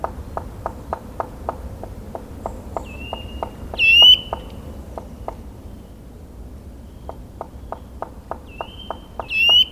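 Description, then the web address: Black woodpecker calling: a fast series of sharp, even knocking notes, twice joined by a high, drawn-out ringing whistle. "agykontroll Madardalok Cd 1. Fekete harkály"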